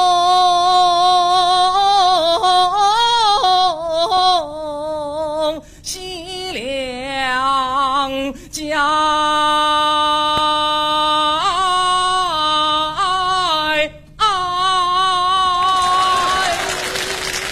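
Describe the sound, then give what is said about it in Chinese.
A strong solo voice sings Peking opera phrases, part of a father-and-son Peking opera duet, with long held notes that waver in wide vibrato, broken by a few brief pauses. A burst of noisy sound comes in at the very end. “这个节目还特别的好，为了突出气氛，我跟我儿子，我们爷儿俩的京剧对唱。”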